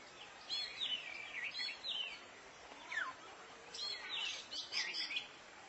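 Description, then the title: Oriental magpie-robin singing varied whistled phrases that twist up and down, in two bursts separated by a quieter pause, over a soft hiss. Chirping song (kicauan) of the bird. "Suara Kicauan Burung Kacer Durasi Panjang"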